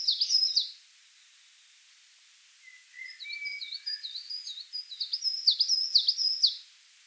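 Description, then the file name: Coal tit song: a short burst of high, quick two-note phrases, then a pause, then a longer run of bouncy repeated high see-saw phrases, with a few lower thin notes between. "Periparus ater"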